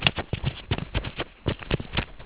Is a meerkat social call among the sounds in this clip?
no